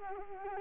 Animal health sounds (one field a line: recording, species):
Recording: mosquito wingbeat signal from an infrared sensor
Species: Culex quinquefasciatus